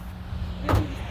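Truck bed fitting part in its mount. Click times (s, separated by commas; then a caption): 0.7 s. During reinstallation of a Ford F-150 truck bed, a bed fitting part pops into place in its mount with one sharp hit at 0.7 s, heard over a steady low hum. The part is seated.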